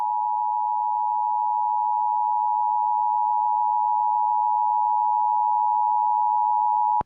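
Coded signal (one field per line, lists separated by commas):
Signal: Emergency Alert System (SAME) tones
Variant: 853 and 960 Hz attention tone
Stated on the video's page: Monthly test heard on three FM stations in sequence, last one only end-of-message.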